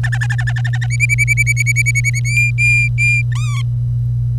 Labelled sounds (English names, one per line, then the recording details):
Domestic Canary song
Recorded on 25 April 2018 at 06:11
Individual llb3